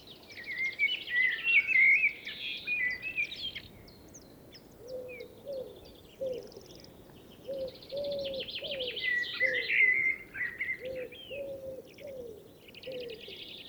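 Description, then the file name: Common blackbird song: rich fluted warbling phrases at the start and again midway, ending in squeaky twitters, while short low notes repeat through the second half. "Turdus merula"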